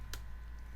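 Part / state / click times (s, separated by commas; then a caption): plastic LCD back cover onto laptop display assembly / not seated / none. A plastic LCD back cover is pressed a second time onto the display assembly of a Dell Inspiron laptop with new hinges installed. A single short, sharp click sounds at about 0.1 s over a low steady hum. The cover has not clicked in or latched yet.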